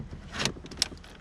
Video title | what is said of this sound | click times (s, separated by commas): Mk4 Jetta Auto headlight switch install | like that snaps into place | 0.8 s